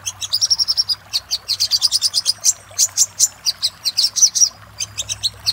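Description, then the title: Little spiderhunter song: a fast series of sharp, high chirping notes, some in quick bursts and some spaced, running almost without pause; faint low hum underneath. Master recording used for training cage birds; labaik variant. "Masteran Burung Sogok Ontong Labaik"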